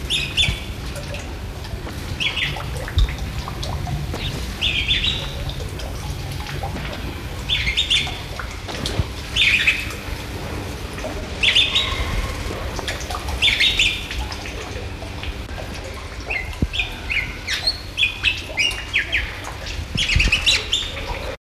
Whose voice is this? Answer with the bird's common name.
Golden-fronted Leafbird